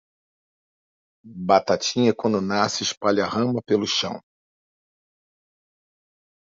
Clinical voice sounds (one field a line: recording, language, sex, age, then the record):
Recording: short text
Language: Brazilian Portuguese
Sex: male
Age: 50 to 59 years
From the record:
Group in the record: control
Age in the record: 51 years